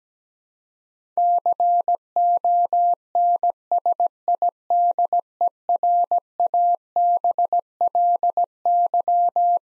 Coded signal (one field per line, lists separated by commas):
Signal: Morse code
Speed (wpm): 17 wpm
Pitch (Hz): 700 Hz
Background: none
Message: CONSIDERABLY